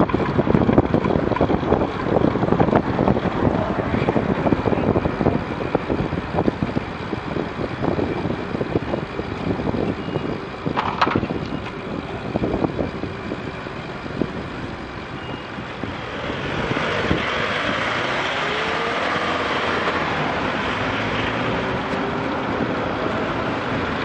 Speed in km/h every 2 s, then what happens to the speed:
24, 23, 22, 21, 20, 20, 17, 14, 21, 21, 23, 25.
0-14 steady at about 20. 14-24 speeds up to 25.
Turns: none.